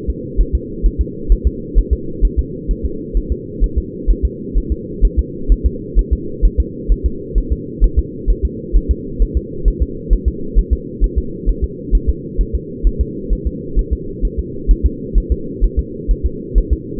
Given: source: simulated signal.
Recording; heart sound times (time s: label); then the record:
fetal heart sounds
0.10 s: S2
0.40 s: S1
0.55 s: S2
0.86 s: S1
1.01 s: S2
1.32 s: S1
1.47 s: S2
1.78 s: S1
1.93 s: S2
2.25 s: S1
2.39 s: S2
2.71 s: S1
2.85 s: S2
3.17 s: S1
3.32 s: S2
3.64 s: S1
3.78 s: S2
4.11 s: S1
4.25 s: S2
4.57 s: S1
4.72 s: S2
5.05 s: S1
5.19 s: S2
5.52 s: S1
5.66 s: S2
5.99 s: S1
6.13 s: S2
6.45 s: S1
6.60 s: S2
6.92 s: S1
7.06 s: S2
7.38 s: S1
7.52 s: S2
7.84 s: S1
7.99 s: S2
8.30 s: S1
8.45 s: S2
8.76 s: S1
8.91 s: S2
9.22 s: S1
9.37 s: S2
9.68 s: S1
9.82 s: S2
10.13 s: S1
10.28 s: S2
10.58 s: S1
10.73 s: S2
11.04 s: S1
11.18 s: S2
11.49 s: S1
11.64 s: S2
11.95 s: S1
12.09 s: S2
12.41 s: S1
12.55 s: S2
12.87 s: S1
13.01 s: S2
13.33 s: S1
13.47 s: S2
13.79 s: S1
13.93 s: S2
14.25 s: S1
14.39 s: S2
14.71 s: S1
14.86 s: S2
15.18 s: S1
15.32 s: S2
15.64 s: S1
15.79 s: S2
16.11 s: S1
16.26 s: S2
16.58 s: S1
16.73 s: S2
From the record:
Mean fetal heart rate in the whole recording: 130 bpm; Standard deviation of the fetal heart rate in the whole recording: 2 bpm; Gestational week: 36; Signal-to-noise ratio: -4.3 dB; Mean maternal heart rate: 72 bpm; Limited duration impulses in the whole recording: absent